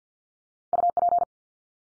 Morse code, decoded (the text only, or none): UP